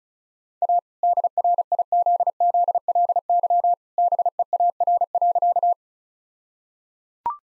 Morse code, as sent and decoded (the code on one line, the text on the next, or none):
.- / -.. .-. .. --.. --.. .-.. -.-- / -... . .- .-. .-.-.-
A DRIZZLY BEAR.